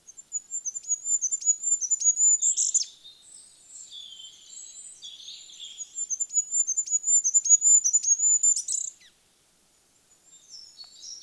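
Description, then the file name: Goldcrest giving two thin, very high songs of rapid repeated pips, each closing with a quick twirl, with soft twittering between them. "Goudhaan"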